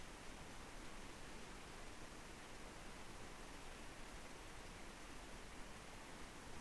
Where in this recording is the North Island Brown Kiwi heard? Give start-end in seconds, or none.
none